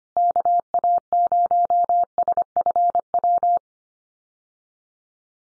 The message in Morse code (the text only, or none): KA0SFW